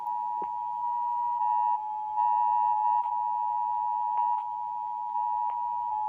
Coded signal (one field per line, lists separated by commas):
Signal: Emergency Alert System (SAME) tones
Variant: 853 and 960 Hz attention tone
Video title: Oceanía eas alarms